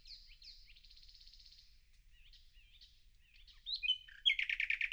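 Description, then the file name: Common nightingale song: soft varied chirps and a buzzy trill, a quieter stretch of twittering notes, then a loud rapid rattling phrase at the end. "Luscinia megarhynchos"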